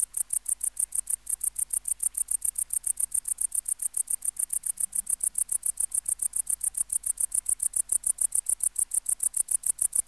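Tettigonia hispanica bush-cricket: long continuous run of fast, metallic high-pitched ticks at an even pace, several per second, with soft low background hum.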